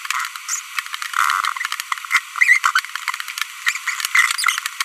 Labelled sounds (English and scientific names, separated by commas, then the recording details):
Green-rumped Parrotlet (Forpus passerinus) babbling
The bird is a female
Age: 25 days
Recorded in a nest box in Venezuela
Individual 17B42B1